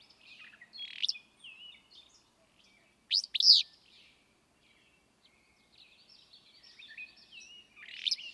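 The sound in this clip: Willow flycatcher song: a loud, buzzy, sneezing two-part phrase near the middle, with softer burry phrases near the start and end, amid softer twittering.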